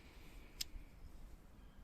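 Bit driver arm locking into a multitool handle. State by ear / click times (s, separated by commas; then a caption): seated / 0.6 s. The bit driver arm of a Leatherman Wave Plus multitool is opened and locks into place in the handle. A single sharp click is heard at 0.6 s over a low, steady background rumble. The bit driver is seated and locked open.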